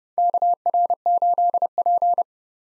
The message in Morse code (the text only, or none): KR8P